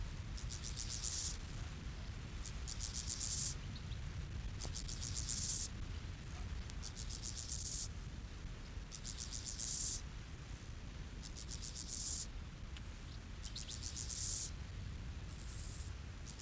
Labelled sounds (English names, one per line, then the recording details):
Steppe Grasshopper stridulation
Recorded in the wild
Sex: male
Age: imago
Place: Botanische Anlage Blankenfelde, Berlin, DE
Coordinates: 52.603, 13.4
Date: 1994-08-07 10:59
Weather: heiter, 20-22°C
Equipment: Marantz CP 430, Sennheiser ME 80, Kopie Uher Variocord 263
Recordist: Tembrock, Günter